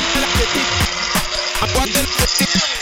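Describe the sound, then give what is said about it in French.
An electric blender runs with a loud, steady high-pitched whir, broken by irregular knocks and rattles as its contents churn around the jar. “Non, c'est anglais encore. Un blender.”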